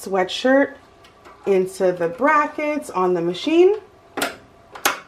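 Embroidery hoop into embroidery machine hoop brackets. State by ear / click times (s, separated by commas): seated / 4.8 s, 4.9 s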